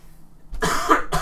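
A harsh, noisy adult male cough with a second burst beginning at the end, in a small room.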